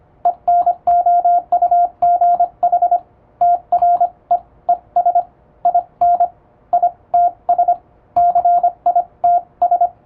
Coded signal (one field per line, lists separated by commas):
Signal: Morse code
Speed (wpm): 25 wpm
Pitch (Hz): 700 Hz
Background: radio noise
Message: ENOUGH TREES IN ITS CITS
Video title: モールスを高速に打つには！？エレキーを使用するとモールス符号が高速で打てます！欧文モールス符号を打ってみました！YouTubeの再生速度を調整して聴いてみよう(morse code practice)